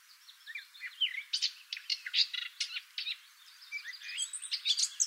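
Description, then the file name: Eurasian blackcap song, a jumbled warble of clicks, squeaks and short whistled notes, quieter in the middle, with steady hiss behind. "Sylvia atricapilla"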